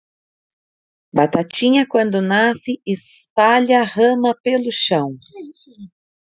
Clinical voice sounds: short text; Brazilian Portuguese; female; 40 to 49 years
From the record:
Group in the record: control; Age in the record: 43 years

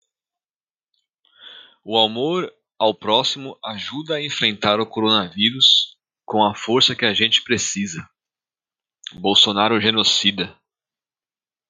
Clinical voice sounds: spoken sentence; Brazilian Portuguese; male; 30 to 39 years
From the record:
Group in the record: control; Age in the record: 38 years

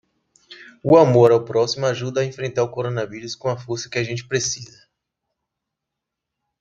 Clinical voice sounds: spoken sentence; Brazilian Portuguese; female; 30 to 39 years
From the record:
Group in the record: control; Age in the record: 30 years

